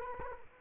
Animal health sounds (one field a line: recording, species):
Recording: mosquito wingbeat signal from an infrared sensor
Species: Culex quinquefasciatus